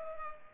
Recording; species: mosquito wingbeat signal from an infrared sensor; Culex pipiens